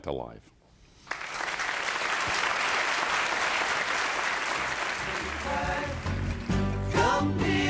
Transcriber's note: applause